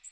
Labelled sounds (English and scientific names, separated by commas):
Magnolia Warbler (Setophaga magnolia) flight call